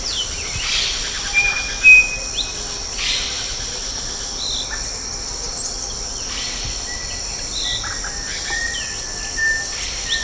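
Birds calling with a few thin whistles and scattered chirps between broad rustling bursts, over a persistent high insect buzz.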